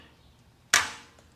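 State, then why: Seated. The metal transport lock lever on a Badland hydraulic floor jack's lifting arm is flipped to its down position, giving a single sharp metallic snap at 0.7 s that rings and fades over about half a second against a quiet background. The lever latches into place, locking the lifting arm for transport.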